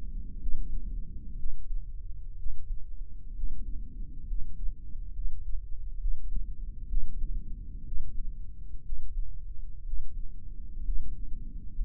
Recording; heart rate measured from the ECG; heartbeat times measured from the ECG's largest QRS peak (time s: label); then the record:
heart sounds by microphone in the right ear; 63 bpm
0.38 s: heartbeat
1.35 s: heartbeat
2.36 s: heartbeat
3.33 s: heartbeat
4.25 s: heartbeat
5.12 s: heartbeat
5.97 s: heartbeat
6.87 s: heartbeat
7.83 s: heartbeat
8.82 s: heartbeat
9.83 s: heartbeat
10.82 s: heartbeat
11.73 s: heartbeat
From the record:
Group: healthy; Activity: rest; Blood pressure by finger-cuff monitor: 128/73 mmHg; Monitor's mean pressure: 89 mmHg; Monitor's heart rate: 62 bpm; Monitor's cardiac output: 7.3 L/min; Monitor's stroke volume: 116 mL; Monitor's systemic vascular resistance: 900 dyn s/cm5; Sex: male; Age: 23 years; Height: 178 cm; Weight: 96.6 kg